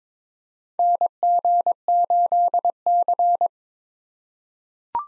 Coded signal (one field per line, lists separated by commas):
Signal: Morse code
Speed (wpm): 22 wpm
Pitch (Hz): 700 Hz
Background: none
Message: NG8C